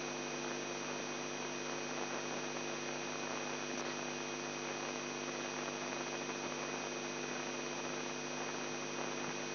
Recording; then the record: brain microelectrode recording played as sound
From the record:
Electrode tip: inside the subthalamic nucleus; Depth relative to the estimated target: -1 mm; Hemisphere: left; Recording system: AlphaMap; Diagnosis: Parkinson's disease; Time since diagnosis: 11 years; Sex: male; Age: 42 years